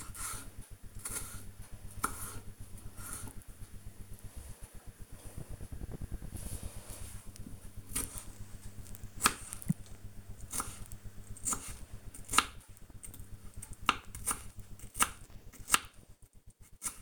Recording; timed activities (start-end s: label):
household activities, microphone on the right wrist
0.00-17.02 s: cutting vegetables